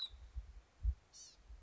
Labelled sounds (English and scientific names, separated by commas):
Blue-gray Gnatcatcher (Polioptila caerulea)